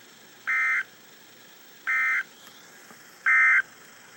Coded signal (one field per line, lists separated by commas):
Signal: Emergency Alert System (SAME) tones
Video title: REAL EAS 795-Severe thunderstorm warning